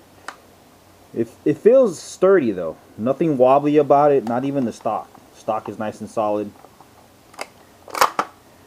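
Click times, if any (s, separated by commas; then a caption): 8.0 s, 8.2 s. Someone talks while handling an Umarex/VFC UMP gas blowback airsoft SMG, then pulls its charging handle rearward and pushes it up into its locking notch, MP5-style. Sharp metal-on-polymer snaps at 8.0 s and 8.2 s are the latch engaging as the charging handle locks back into place.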